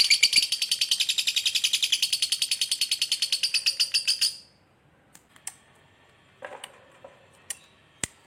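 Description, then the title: Lovebird in a rapid chirping chatter for about four seconds, then stopping, followed by a few soft clicks and taps. Lovebird described as very skilled at memancing, baiting other birds into calling. "Dari Gayanya Lovebird Ini Terlihat Pintar Sekali Memancing"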